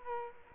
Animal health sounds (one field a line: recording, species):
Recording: mosquito wingbeat signal from an infrared sensor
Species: Culex quinquefasciatus